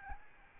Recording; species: mosquito wingbeat signal from an infrared sensor; Aedes albopictus